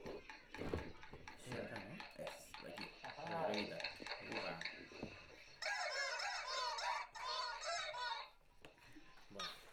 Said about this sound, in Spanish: Así que, calma el pato. Calma el pollo, por favor. Sí. Callen al pollo, por favor.